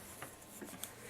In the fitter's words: and the handles snap in place when they're all the way open